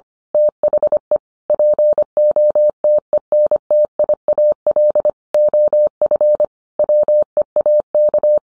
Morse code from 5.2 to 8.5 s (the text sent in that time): OF WEAK